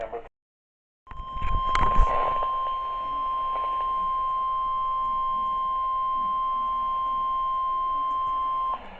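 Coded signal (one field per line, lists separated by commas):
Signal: Emergency Alert System (SAME) tones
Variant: 1050 Hz attention tone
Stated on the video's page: Alerts from severe weather storms; NOAA weather radio.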